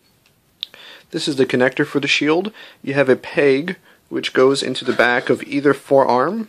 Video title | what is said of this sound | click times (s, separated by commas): 1/100 MG Gundam MKII 2.0 Review | and then you push the shield back up and then you lock it back in very nice | 0.6 s